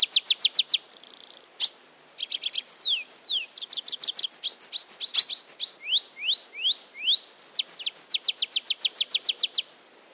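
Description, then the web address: Tree pipit song: rapid trills of sharp downslurred notes, a buzzy thin passage, then slurred rising 'seea' notes and a fast repeated series at the end. Forest. "Wald Baumpieper"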